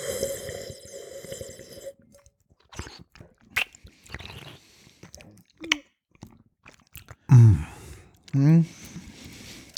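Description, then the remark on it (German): Someone slurps a young Riesling wine during a tasting with a long, airy, gurgling draw, followed by scattered wet mouth clicks and smacks, then two louder, swishing bursts near the end. “So, jetzt werde ich ein bisschen schlürfen, nicht erschrecken.”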